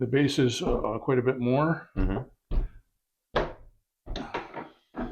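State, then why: Seated. Someone talks as a lifted Sky-Watcher Flextube 250P telescope tube is set back onto its Dobsonian base mount. The mount catches it with two knocks at 4.2 s and 4.4 s, and the tube seats and locks in place.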